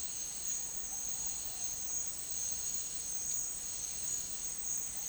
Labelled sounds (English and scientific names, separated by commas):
none